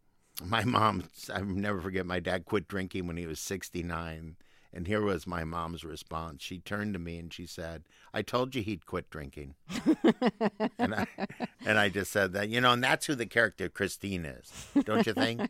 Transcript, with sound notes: My mom - I'll never forget. My dad quit drinking when was 69, and here was my mom's response. She turned to me and she said, I told you he'd quit drinking.
(Laughter).
And I just said that - and, you know, that's who the character Christine is, don't you think?